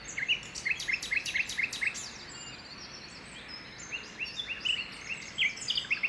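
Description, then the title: Common nightingale song of quick repeated whistled notes in series, varied phrases and pauses, against steady background noise. Early morning song near the Loire, Saint-Jean-le-Blanc, France; recorded with a Zoom H2n and stereo EM272 microphones. "Saint-Jean-le-Blanc, France - Rossignol philomèle matinal au parc de Loire"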